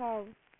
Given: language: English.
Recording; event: throat vibration sensor signal played as sound; speech